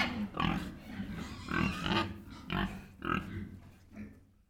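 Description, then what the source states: Pig grunts, low and rough, in a few short bursts, fading toward the end. Recorded in a piggery.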